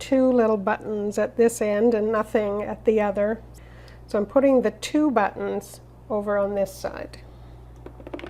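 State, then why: Not seated. A woman talks while positioning the plastic drip tray of a FoodSaver vacuum sealer, turning it so its two little buttons sit on one side before putting it back into the sealer base. A couple of faint handling ticks come at the very end, around 8.1 and 8.2 seconds. The tray has not seated or snapped into place yet.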